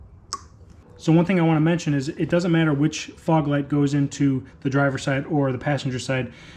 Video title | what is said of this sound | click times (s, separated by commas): [HOW TO] Install Diode Dynamics SS3 LED Fog Pods on a 2015+ Colorado/Canyon [LONG] | you'll hear a nice click here's the other one | 0.3 s